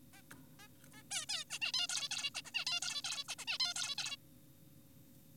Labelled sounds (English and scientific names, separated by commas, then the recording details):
Zebra Finch (Taeniopygia guttata)
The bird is an adult
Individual g4p5U